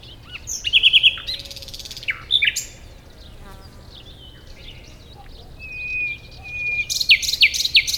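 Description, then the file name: Common nightingale song: varied phrases of rapid repeated notes and dry rattles, a quiet pause, then a soft whistled note and a fast rattling burst. "Luscinia megarhynchos"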